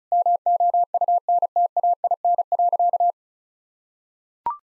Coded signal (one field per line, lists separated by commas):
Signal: Morse code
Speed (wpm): 34 wpm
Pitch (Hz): 700 Hz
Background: none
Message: MOUNTAIN.